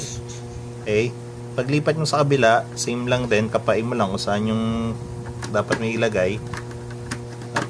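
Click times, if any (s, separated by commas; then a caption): 7.6 s. Someone talks while fitting the second side of a plastic visor onto its clip on an SEC half-face motorcycle helmet shell, feeling it into place. A short tick at 7.1 s is followed by a sharp snap at 7.6 s as the visor side locks onto the clip and is attached.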